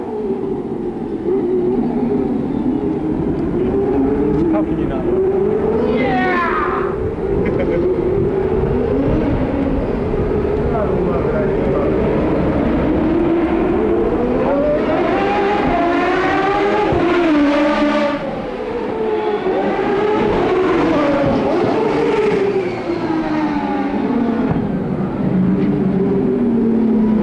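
Racing cars roar past on the CART IndyCar circuit in downtown Detroit, engine notes rising and falling as cars pass. A steady loud drone of engines fills the whole clip, with whining pitch sweeps around 6, 15, and 18–22 seconds.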